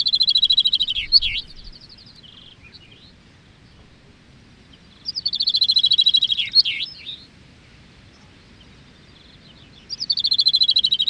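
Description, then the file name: Chaffinch song: the end of one bright, descending rattling phrase, a full phrase ending in a flourish, and the start of a third, about five seconds apart, with soft low background noise. Recorded in Gistel. "vink gistel"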